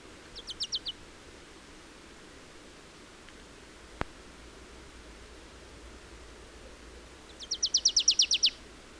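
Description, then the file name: Marsh tit: a short, quieter burst of high downslurred notes, a single click midway, then a longer, louder rapid series of about a dozen notes. "Poecile palustris"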